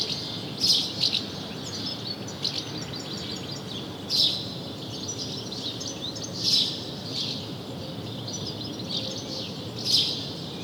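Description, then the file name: House sparrow giving a few sharp chirp bursts, some in quick pairs, separated by pauses of a few seconds, over steady background noise. "Passer domesticus"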